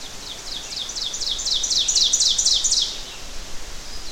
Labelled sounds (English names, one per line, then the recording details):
Ovenbird song
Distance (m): 15 m
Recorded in boreal forest in Alberta, Canada, on 12 June 2016 at 06:48
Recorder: SongMeter 3, array SBT-3-18
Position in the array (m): 246 m, 95 m
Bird 31